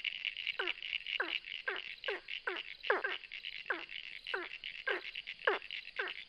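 Ornate burrowing frog calls: short notes sweeping downward in pitch, repeated in a series over a steady high-pitched buzzing chorus.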